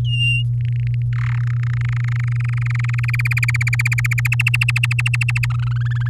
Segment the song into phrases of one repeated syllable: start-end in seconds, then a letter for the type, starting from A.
0.04-0.43 A, 0.61-1.02 B, 1.13-1.39 C, 1.40-3.06 D, 3.08-4.28 E, 4.32-5.46 F, 5.50-6.08 G